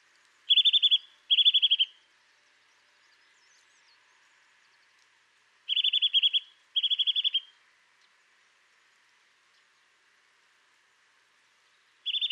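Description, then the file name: Eurasian nuthatch calling in paired bursts of rapid, high rattling notes, each pair followed by several seconds of quiet, with another burst starting at the end. "Sitta europaea"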